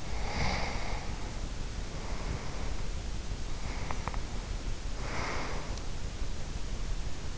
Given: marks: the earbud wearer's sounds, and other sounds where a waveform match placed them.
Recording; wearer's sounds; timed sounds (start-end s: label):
sounds in sleep by an in-ear microphone; breath
0.00-2.84 s: breath
3.70-6.28 s: breath